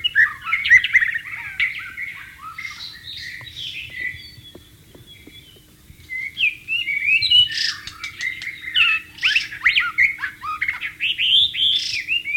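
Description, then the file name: White-rumped shama singing long, varied phrases of fluty whistles and quick twittering notes, pausing briefly midway before a louder, busier stretch. Wild bird in its natural habitat. "suara burung murai batu di alam liar"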